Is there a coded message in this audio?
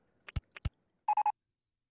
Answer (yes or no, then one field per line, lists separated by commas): no